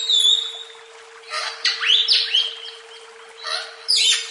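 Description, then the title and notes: Greater green leafbird giving spaced whistled phrases and slurred chirps, with a steady electrical hum underneath. "CCKIJDaunKecil. Cucak Ijo"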